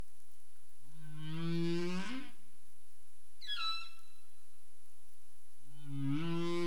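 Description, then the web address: Humpback whale sounds: a low harmonic moan, then a quick falling high-pitched cry, then another low moan beginning, over a continuous background hiss. Caribbean, 27 April 2035, 21:59 UTC. "CARIMAM. humpback whale 20350427 215931 UTC"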